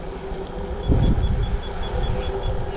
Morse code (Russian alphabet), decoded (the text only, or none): none